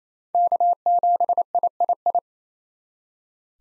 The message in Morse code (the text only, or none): K7III